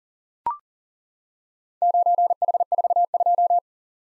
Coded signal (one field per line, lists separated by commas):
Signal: Morse code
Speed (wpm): 40 wpm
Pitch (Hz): 700 Hz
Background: none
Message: 9H42